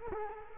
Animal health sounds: mosquito wingbeat signal from an infrared sensor; Culex quinquefasciatus

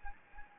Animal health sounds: mosquito wingbeat signal from an infrared sensor; Anopheles gambiae

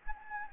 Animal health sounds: mosquito wingbeat signal from an infrared sensor; Anopheles gambiae

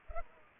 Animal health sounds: mosquito wingbeat signal from an infrared sensor; Culex pipiens

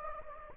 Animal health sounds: mosquito wingbeat signal from an infrared sensor; Anopheles gambiae

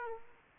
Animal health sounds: mosquito wingbeat signal from an infrared sensor; Aedes aegypti

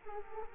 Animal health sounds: mosquito wingbeat signal from an infrared sensor; Culex quinquefasciatus

